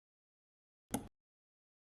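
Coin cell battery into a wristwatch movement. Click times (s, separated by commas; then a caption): 0.9 s. A new coin cell battery is set into the quartz movement of a Casio Duro wristwatch with tweezers and pressed into its holder. A single short, sharp snap is heard at 0.9 s, trailing off by about 1.1 s in otherwise near silence. The battery pops into place and is seated.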